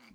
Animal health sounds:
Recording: pig call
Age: piglet (1 to 25 days)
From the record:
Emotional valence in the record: positive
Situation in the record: short reunion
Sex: male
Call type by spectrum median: low-frequency call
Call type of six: low-frequency tonal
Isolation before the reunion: 3 minutes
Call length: 0.15 s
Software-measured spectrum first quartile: 278 Hz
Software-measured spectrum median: 1165 Hz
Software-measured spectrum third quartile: 2812 Hz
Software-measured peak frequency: 215 Hz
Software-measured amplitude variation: 166 dB a second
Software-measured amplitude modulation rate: 16.4 a second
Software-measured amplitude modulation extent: 10.1 dB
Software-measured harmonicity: 1.7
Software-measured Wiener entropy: -1.55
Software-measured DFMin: 664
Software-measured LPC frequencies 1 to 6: 1252, 2239, 4681, 6441, 7404, 8324 Hz

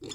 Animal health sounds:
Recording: pig call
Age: weaner (32 to 43 days)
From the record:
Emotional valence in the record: negative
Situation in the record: long isolation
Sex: female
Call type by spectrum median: low-frequency call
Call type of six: mixed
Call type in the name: high-frequency modulated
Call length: 0.15 s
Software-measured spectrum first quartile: 352 Hz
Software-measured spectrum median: 2080 Hz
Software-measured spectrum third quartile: 4852 Hz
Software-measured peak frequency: 315 Hz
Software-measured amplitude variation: 147 dB a second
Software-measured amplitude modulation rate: 16.7 a second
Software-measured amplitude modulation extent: 8.8 dB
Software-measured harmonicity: 4.6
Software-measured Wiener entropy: -3.34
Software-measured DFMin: 690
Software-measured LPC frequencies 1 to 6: 384, 1185, 2263, 2900, 3494, 4251 Hz

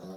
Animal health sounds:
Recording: pig call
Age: piglet (1 to 25 days)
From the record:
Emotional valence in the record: negative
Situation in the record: long isolation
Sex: female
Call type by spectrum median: low-frequency call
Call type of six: low-frequency modulated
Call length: 0.17 s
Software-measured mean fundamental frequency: 60 Hz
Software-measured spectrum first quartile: 218 Hz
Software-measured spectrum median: 403 Hz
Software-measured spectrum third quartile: 800 Hz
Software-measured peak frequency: 182 Hz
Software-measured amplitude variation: 59 dB a second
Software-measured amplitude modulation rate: 9.1 a second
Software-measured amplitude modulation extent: 6.5 dB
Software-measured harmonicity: 1.4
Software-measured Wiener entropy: -0.16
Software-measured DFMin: 2039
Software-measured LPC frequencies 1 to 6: 493, 3839, 5521, 7828, 8956, 10073 Hz

